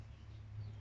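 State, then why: Not seated. An ignition coil pack is handled over its spark plug in the cylinder head of a VW Polo, with a steady low hum and no sharp transients. Nothing has seated or clicked yet.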